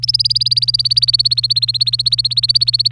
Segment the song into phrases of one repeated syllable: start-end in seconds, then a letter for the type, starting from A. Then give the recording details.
0.02-2.92 A. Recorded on 25 April 2018 at 05:53. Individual llb3